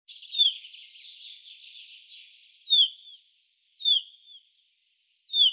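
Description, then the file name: Common chaffinch giving sharp, downslurred call notes, four at irregular gaps, over a soft, continuous twittering early on. "Fringilla coelebs"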